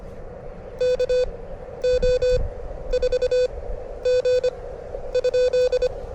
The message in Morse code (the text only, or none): KO4G ?